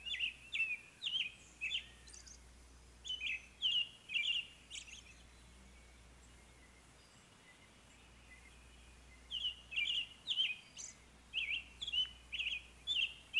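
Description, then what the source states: American robin singing two bouts of rich whistled phrases, separated by a pause of a few seconds. Rare breeder in the northwestern counties of Florida.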